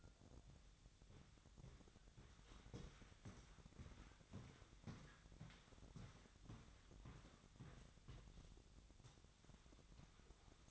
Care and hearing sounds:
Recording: daily activity, microphone in the room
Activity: walk to room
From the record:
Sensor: 3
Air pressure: 999.4 hPa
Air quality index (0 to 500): 196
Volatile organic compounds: 43 ppm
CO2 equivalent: 3193 ppm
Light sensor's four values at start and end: 8/20/8/8 and 8/20/8/8

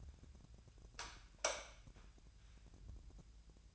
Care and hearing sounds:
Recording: daily activity, microphone in the room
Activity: light off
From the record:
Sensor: 2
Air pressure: 999.8 hPa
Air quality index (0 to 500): 114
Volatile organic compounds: 2 ppm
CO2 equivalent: 991 ppm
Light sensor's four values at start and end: 43/113/47/53 and 38/96/41/46

